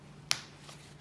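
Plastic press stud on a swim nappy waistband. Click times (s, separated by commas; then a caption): 0.3 s. A plastic press stud on the waistband of a fabric swim nappy is pressed into a lower snap to set a smaller size. It closes with a single sharp, bright snap at 0.3 s, followed by a faint softer tick around 0.7 s. The stud seats firmly, and nobody talks.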